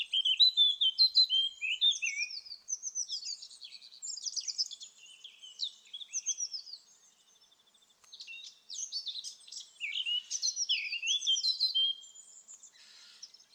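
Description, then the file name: Eurasian blackcap song: rich, fast warbled phrases of sweet whistles and slurred notes, rising and falling, in bursts separated by short pauses. "Sylvia atricapilla"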